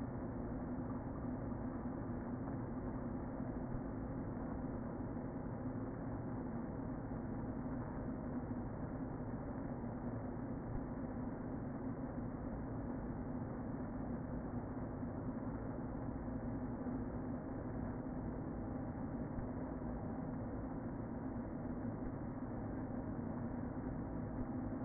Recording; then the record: honeybee colony, microphone inside the hive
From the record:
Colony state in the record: queen present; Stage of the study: before two queens were removed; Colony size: about 60,000 bees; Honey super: yes